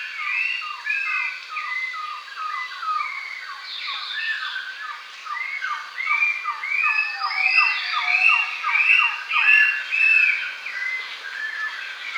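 Dawn in a coastal forest in Brazil, filled with a dense, continuous chorus of birds. Many overlapping whistled and chirping calls repeat rapidly throughout, mostly in a bright middle-to-high range, growing busier after about six seconds, with no low sounds underneath.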